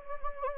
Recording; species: mosquito wingbeat signal from an infrared sensor; Anopheles gambiae